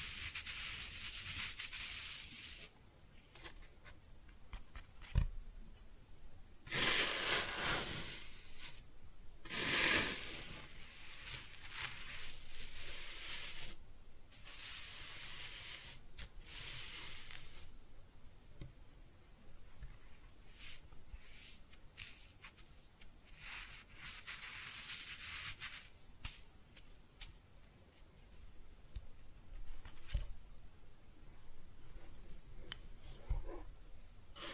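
Kinetic sand is cut and scooped in soft, grainy rustles and scrapes, irregular throughout, with sharper crisp swipes around seconds five, seven and ten.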